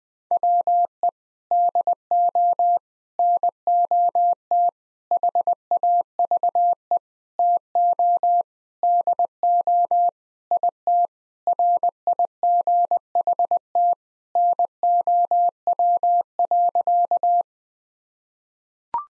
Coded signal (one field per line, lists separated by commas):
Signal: Morse code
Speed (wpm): 20 wpm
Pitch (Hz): 700 Hz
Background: none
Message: WE DO NOT HAVE TO DO IT RIGHT NOW.